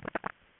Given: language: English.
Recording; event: throat vibration sensor signal played as sound; swallow